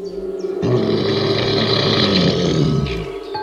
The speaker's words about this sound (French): Elle se met à crier et c'est un grognement d'ours qui fait trembler les arbres.